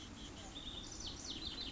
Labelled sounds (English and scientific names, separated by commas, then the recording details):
House Wren (Troglodytes aedon)
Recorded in Sonoma County, California